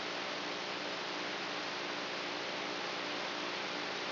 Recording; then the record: brain microelectrode recording played as sound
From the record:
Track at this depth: outside the subthalamic nucleus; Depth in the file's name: 0.806 mm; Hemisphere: right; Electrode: 3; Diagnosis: Parkinson's disease